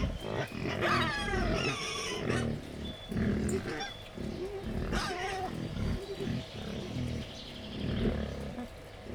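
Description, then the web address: Wild boar giving high wavering squeals amid steady rhythmic low grunts repeated in quick succession. Captive wild boar at Jászberény Zoo, excited before feeding, recorded 28 April 2015. "jaszberenyizoo 2015 vaddiszno etetesrefelajzva"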